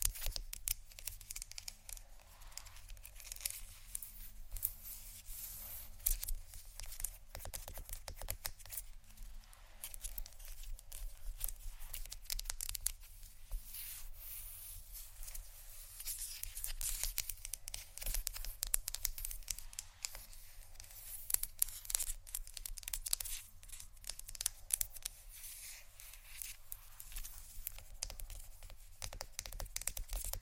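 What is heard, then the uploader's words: Crisp wooden tapping and scratching fill the half minute in a dense, irregular stream of tiny clicks and scrapes. The sound is bright, with rubbing, crinkly textures and a faint low hum underneath. ASMR Wooden Triggers（No Talking）.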